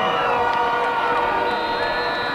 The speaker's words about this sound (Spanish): Que está de cumpleaños, Laila. Un aplauso.